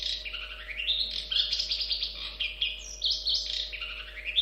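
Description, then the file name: Long-tailed shrike song: a varied, rapid run of warbled and chirping phrases jumping between high and lower notes, with a steady low electrical hum beneath. "suara burung cendet"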